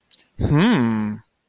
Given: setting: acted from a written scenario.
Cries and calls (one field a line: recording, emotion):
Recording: vocal sound without words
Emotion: desire